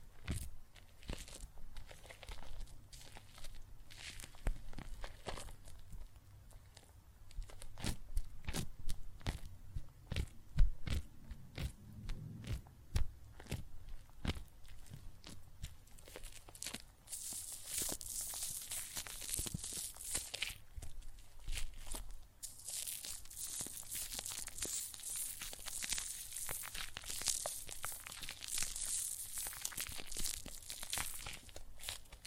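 Soap foam and water crackle with dense, irregular pops and squishes through the first half, some louder and sharper around ten to fifteen seconds. After about seventeen seconds a bright, steady fizzing hiss takes over, dipping briefly near twenty-two seconds before continuing.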